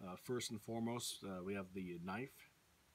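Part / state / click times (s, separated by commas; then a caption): folding knife blade locking open in a multitool handle / not seated / none. Someone talks while handling the folding knife blade of a Leatherman Sidekick multitool, which will be swung open in its handle until the liner lock engages. The clip is all speech with no sharp impacts, and the blade has not yet seated or clicked into its locked-open position.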